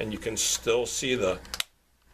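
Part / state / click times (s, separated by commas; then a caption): folding cover hinge of a travel alarm clock / seated / 1.6 s. Someone talks while the folding plastic cover of an Equity by La Crosse travel alarm clock is swung into position on its hinge. At 1.6 s it snaps into its detent with a sharp, short click, and the cover locks in place.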